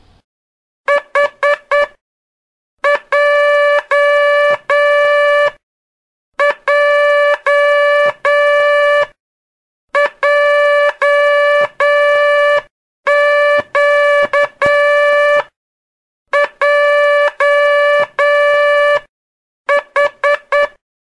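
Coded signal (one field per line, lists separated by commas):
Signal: Morse code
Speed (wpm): 9 wpm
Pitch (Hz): 580 Hz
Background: none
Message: H J J J Q J H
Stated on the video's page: Morse (telegraphy) lesson, twelfth part, covering the letters Q, J and H.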